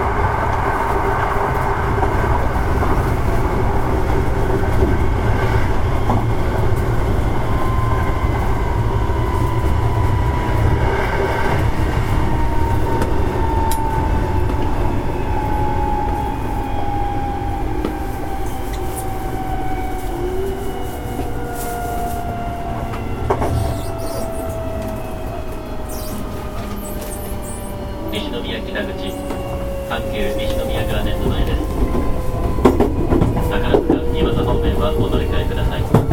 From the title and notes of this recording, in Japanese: 阪急1000系 神戸線特急 梅田から西宮北口まで。阪急電鉄1000系電車の走行音です。神戸線の特急列車にて収録しました。